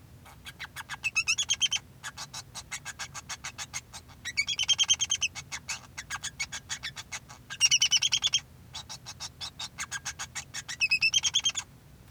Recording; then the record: song of a male Bengalese finch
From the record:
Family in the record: son of father 2